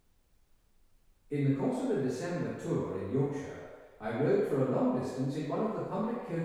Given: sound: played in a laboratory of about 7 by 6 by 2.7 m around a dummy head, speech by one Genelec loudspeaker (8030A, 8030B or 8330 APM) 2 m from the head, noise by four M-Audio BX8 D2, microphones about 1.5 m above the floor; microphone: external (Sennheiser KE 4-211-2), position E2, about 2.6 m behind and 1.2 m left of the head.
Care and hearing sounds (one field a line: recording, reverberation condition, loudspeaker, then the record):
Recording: male speech in English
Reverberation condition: high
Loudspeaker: 90 degrees to the left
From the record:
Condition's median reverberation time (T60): about 1300 ms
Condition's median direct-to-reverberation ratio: about -4.0 dB